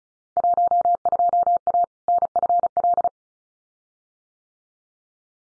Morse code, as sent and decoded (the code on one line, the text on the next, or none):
.---- ..--- .- / -. ..-. .-..
12A NFL